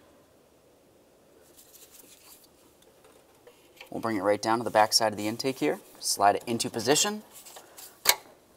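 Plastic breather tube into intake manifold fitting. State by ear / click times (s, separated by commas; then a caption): seated / 8.1 s. A plastic crankcase breather tube is slid into position at the back side of the intake manifold on a 2005-2010 Dodge Dakota and pressed home into its fitting while someone talks. Faint handling rustles precede the speech, and a sharp click at 8.1 s marks the tube snapping into place, seated and secured.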